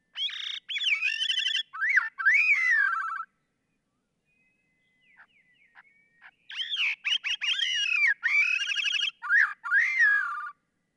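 Gray-cheeked thrush song: two runs of nasal, twisting phrases that rise then slide downward, separated by a quiet pause with faint soft notes.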